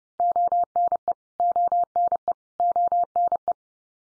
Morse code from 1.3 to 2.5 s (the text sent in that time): ONE